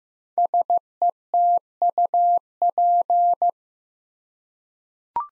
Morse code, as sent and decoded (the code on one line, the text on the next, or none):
... . - ..- .--.
SETUP